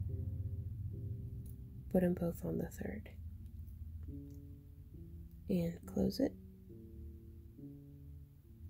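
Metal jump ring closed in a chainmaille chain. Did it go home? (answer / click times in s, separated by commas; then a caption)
no / none. A metal jump ring in a chainmaille chain is closed with pliers around two other rings while someone talks over soft, sustained background music. The ring ends meet without giving the usual click, so nothing has clicked, though the closure looks fine.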